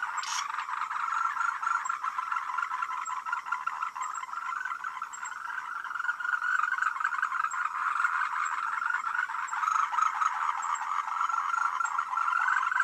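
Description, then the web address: Frog: a continuous chorus of frogs, a steady wall of rapid rasping croaks with no pauses. "voice cam frogs"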